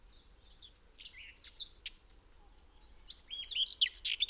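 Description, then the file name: Common whitethroat song: quiet scattered notes, then a loud, hurried, scratchy warble over the last second. "Grasmus Sylvia communis"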